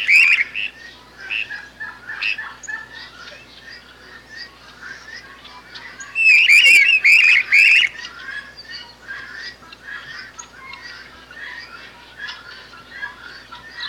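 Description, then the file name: Streamer-tailed tyrant song: a burst of loud, harsh, chattering notes around the middle, set among scattered quieter chirps throughout. "canto da tesoura do brejo"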